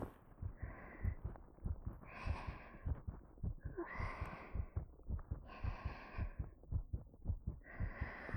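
An adult woman's heart heard close to the ear, with breathing. Fast, loud, throbbing heartbeat.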